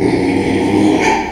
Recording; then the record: squeal of a Yucatan mini pig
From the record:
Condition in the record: after surgery on the right vocal fold (resection and tissue-engineered implant); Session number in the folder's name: 2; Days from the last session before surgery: 13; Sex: male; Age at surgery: 12 weeks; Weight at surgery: 13 kg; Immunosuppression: cyclosporine, prednisolone